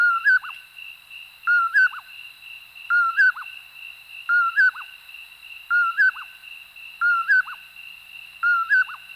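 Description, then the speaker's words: Common Poorwill song: clear whistled poorwill phrases with a short dropping tail note, seven in a row at an even pace, over a steady high background drone. Whistles its own name, poorwill or poorwillip, repeated over and over; sagebrush and chaparral habitats of the West. "Like its relatives, it seems to whistle its own name, poorwill or poorwillip"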